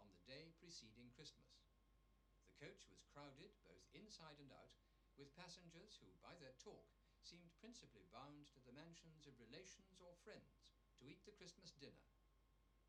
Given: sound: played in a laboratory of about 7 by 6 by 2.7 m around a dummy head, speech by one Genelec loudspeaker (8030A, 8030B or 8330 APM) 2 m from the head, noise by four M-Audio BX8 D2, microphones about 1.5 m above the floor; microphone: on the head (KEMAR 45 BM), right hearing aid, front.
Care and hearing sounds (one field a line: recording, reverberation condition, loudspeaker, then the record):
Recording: male speech in English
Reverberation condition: low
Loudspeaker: 30 degrees to the right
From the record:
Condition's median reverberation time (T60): about 310 ms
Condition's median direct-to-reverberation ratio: about 3.5 dB